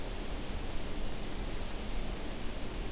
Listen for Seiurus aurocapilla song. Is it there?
no